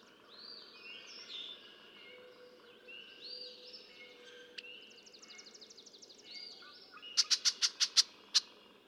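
Red-winged blackbird: whistled and trilled phrases, ending in a rapid run of six loud sharp clicking notes.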